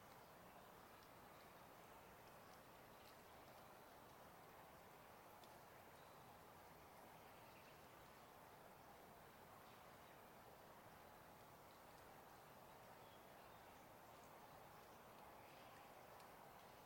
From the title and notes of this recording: Evening At Trout Creek Campground. I arrived early in the morning of the 12th of May and set up near a still-water riparian area. There was plenty of distant water wash everywhere, from small rivers and streams to snowmelt runoff. The non-riparian portion of the forest here was filled with typical Cascades’ evergreens such as Douglas Fir, Spruce, and the like.